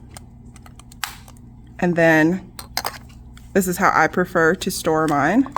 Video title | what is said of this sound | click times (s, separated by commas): MelodySusie Jade E-File Unboxing and Review! | a little piece for the side of your unit here which just clicks right in | 1.0 s